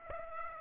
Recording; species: mosquito wingbeat signal from an infrared sensor; Aedes aegypti